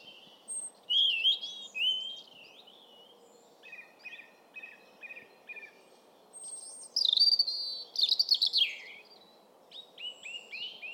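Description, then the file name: European robin song: sparkling high phrases mixing clear slurred whistles and quick trills, some softer repeated notes in the middle, pauses between phrases, faint background noise. "Erithacus rubecula"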